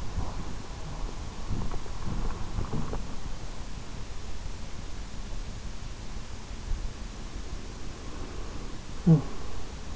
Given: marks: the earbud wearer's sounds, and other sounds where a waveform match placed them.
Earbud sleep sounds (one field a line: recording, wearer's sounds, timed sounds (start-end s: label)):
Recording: sounds in sleep by an in-ear microphone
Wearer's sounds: snoring breath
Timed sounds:
0.00-2.99 s: snoring breath